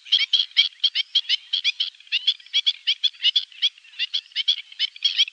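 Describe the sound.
Black-winged stilt giving a steady, rapid run of short yelping notes throughout.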